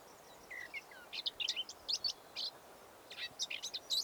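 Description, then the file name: Eurasian blackcap song: fairly faint, jumbled warble of short chirps and twittering notes in loose clusters, with steady low background hiss. "Sylvia atricapilla"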